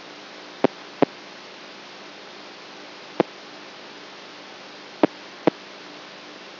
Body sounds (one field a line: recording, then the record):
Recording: brain microelectrode recording played as sound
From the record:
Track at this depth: outside the subthalamic nucleus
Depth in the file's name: 7.04 mm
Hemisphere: right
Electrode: 3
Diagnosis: Parkinson's disease